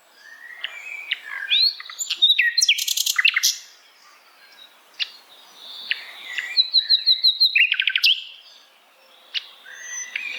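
Bird song in separate bursts of twittering and short rattled trills, broken by brief pauses, with scattered high chirps between phrases.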